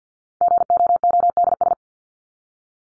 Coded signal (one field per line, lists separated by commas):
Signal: Morse code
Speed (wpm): 50 wpm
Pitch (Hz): 700 Hz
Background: none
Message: GOODS